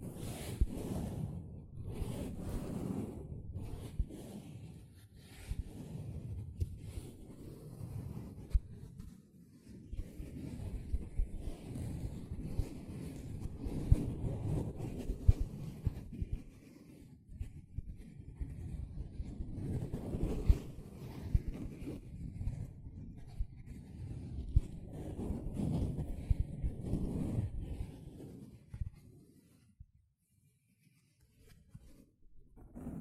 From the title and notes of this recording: Sponge Sounds - Scratching, Squishing, Brushing, Cutting.